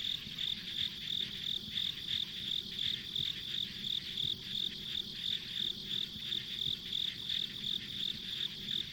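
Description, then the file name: High rhythmic insect chirps pulsing steadily throughout, accompanied by a low continuous rumble. Ambient insect sounds recorded on a country road. "田舎道の虫の環境音"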